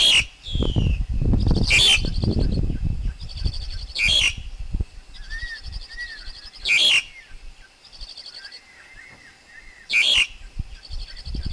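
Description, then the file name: Black-collared Starling song: loud harsh squealing bursts with a descending whistle, spaced irregularly, between soft rattling trills and chirps; low thumping noise early on. Wild forest bird's song, used for teaching young birds to sing. "Tieng chim ca cuong rung tap chim con hot"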